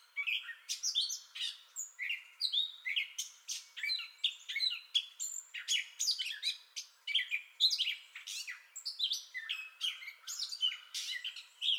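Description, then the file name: Gray catbird pouring out a rapid medley of scratchy chatters, thin whistles and squeaky notes, with varied phrases throughout. Entire song bout, recorded 30 May 2021. "2021-05-30 Gray Catbird Entire Song Bout"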